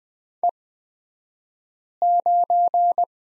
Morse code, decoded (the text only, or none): E9